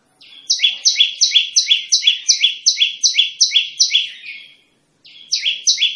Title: Tembakan Prenjak Lumut Pikat Mantap Jadi Guru Vokal